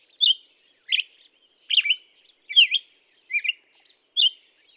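Black-headed Grosbeak giving six separate whistled syllables, each briefly slurred, with short pauses between, in otherwise quiet surroundings.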